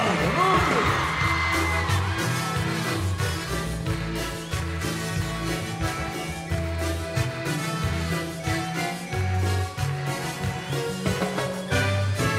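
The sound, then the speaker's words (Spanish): A girl in a concert audience gives a high-pitched shout at the start, quickly swallowed by loud live music with a heavy, pulsing bass line that continues steadily to the end. “Y el grito de la chica.”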